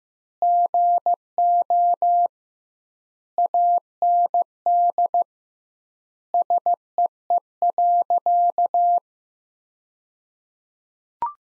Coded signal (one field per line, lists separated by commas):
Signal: Morse code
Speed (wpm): 16 wpm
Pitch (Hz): 700 Hz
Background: none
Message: GO AND SEE.